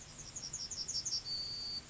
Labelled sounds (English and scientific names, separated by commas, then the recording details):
Yellowhammer (Emberiza citrinella) song
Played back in grassland
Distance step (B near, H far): E
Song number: 029